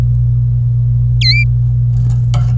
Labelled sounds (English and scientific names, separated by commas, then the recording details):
Domestic Canary (Serinus canaria) song
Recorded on 26 April 2018 at 12:58
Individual llb3